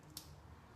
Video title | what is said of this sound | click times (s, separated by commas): Connecting eBike Hub Motor Wiring Harness | I'm gonna here for a click I heard a click and I'm convinced that that is attached securely | 0.2 s